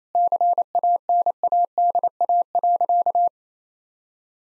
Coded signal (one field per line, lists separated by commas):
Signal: Morse code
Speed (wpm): 27 wpm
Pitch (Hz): 700 Hz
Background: none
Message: CANADA.